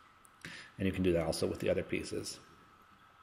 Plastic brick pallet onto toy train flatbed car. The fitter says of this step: then snap into place of course and